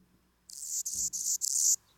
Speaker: So those are Anna's hummingbirds. Very, very common around the area.